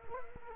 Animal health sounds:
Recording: mosquito wingbeat signal from an infrared sensor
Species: Culex quinquefasciatus

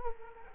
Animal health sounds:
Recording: mosquito wingbeat signal from an infrared sensor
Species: Culex quinquefasciatus

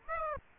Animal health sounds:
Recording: mosquito wingbeat signal from an infrared sensor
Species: Aedes aegypti

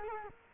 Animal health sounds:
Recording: mosquito wingbeat signal from an infrared sensor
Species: Culex quinquefasciatus

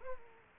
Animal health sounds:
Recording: mosquito wingbeat signal from an infrared sensor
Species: Aedes aegypti

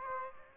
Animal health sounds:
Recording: mosquito wingbeat signal from an infrared sensor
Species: Aedes aegypti

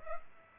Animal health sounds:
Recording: mosquito wingbeat signal from an infrared sensor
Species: Aedes aegypti

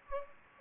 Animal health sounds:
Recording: mosquito wingbeat signal from an infrared sensor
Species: Anopheles gambiae

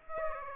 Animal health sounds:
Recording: mosquito wingbeat signal from an infrared sensor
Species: Aedes aegypti

